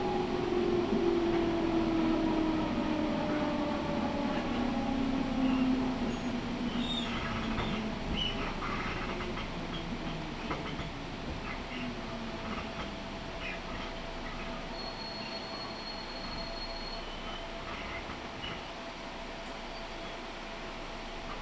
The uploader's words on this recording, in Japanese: 東海道本線 浜松→豊橋。6:20発の豊橋行きに乗車して。多少は通勤通学ラッシュにも入りこみます。